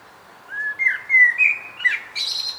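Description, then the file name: Common blackbird with one short phrase of smooth, fluty whistles that finishes in a high, squeaky flourish. "Turdus merula"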